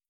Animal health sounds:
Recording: hydrophone in a shrimp aquaculture tank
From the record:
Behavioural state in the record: starved

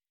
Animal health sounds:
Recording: hydrophone in a shrimp aquaculture tank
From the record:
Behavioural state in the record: weakened

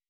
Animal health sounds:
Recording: hydrophone in a shrimp aquaculture tank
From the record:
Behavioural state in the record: weakened

